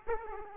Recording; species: mosquito wingbeat signal from an infrared sensor; Aedes aegypti